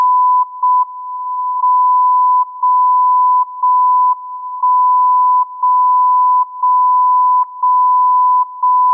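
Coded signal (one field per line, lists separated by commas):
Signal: radio time signal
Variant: JJY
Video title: JJY 60kHz Time signal, Morse code call sign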